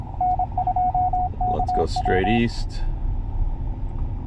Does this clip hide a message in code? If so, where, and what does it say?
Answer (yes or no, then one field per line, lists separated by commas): yes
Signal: Morse code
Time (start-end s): 0.2-2.4 s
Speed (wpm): 26 wpm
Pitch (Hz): 730 Hz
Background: speech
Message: N2KW